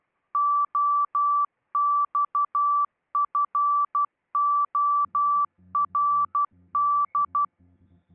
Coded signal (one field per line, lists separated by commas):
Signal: Morse code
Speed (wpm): 12 wpm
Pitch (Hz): 1160 Hz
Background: none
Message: OXFORD